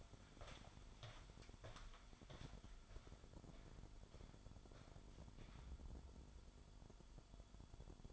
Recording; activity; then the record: daily activity, microphone in the room; walk to room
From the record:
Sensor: 5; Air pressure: 1008.3 hPa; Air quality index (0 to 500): 127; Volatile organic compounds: 1 ppm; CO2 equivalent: 974 ppm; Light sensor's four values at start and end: 36/82/33/33 and 37/86/34/34